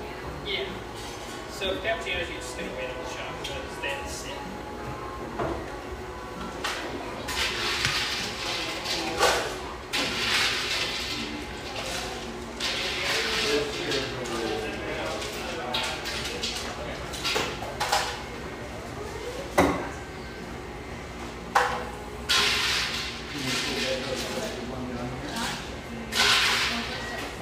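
Lively coffeeshop ambience with a steady murmur of voices, frequent clatter of dishes, and bursts of hissing or running water throughout.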